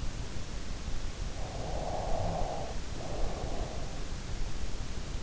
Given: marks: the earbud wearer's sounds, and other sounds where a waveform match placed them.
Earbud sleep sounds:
sounds in sleep by an in-ear microphone; breath
1.21-4.48 s: breath

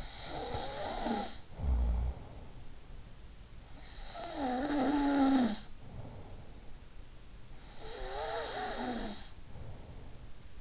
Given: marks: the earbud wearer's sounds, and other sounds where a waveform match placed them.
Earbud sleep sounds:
sounds in sleep by an in-ear microphone; snoring breath
0.00-2.84 s: snoring breath
4.06-6.85 s: snoring breath
7.72-10.61 s: snoring breath

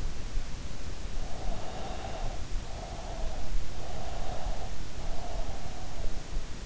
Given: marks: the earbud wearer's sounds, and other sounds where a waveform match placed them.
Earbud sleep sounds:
sounds in sleep by an in-ear microphone; breath
1.02-3.45 s: breath
3.93-6.19 s: breath

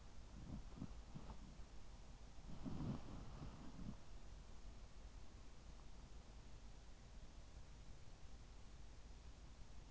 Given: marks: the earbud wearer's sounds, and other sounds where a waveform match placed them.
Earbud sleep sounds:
sounds in sleep by an in-ear microphone; body movement
0.00-4.55 s: body movement

